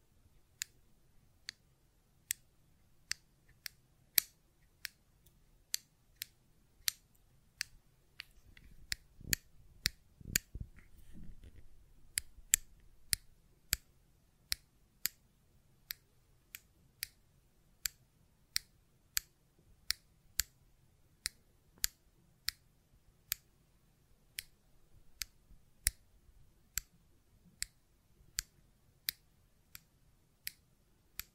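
Sharp, bright clicks from a fidget cube repeat at a steady pace, roughly two per second, over a faint low hum. Around nine to eleven seconds, a denser burst of rubbing and tapping thickens the low end before the regular clicking resumes.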